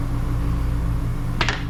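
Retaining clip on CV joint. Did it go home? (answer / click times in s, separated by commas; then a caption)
yes / 1.4 s. A retaining clip is refitted onto the CV joint assembly of a 1984 Bertone X1/9 over a steady low hum, and it snaps back on with a sharp metallic click at 1.4 s, followed by a second hit at 1.5 s. The clip is seated and everything is locked into place.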